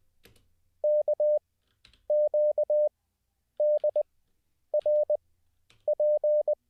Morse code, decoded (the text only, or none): KQDRP